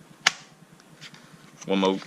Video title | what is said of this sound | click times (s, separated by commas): T-Rex sidecar review | And just wait for the click. | 0.3 s